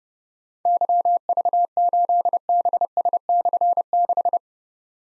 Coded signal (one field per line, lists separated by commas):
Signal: Morse code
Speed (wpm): 30 wpm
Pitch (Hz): 700 Hz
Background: none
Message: YV8BS/6